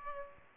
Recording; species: mosquito wingbeat signal from an infrared sensor; Aedes aegypti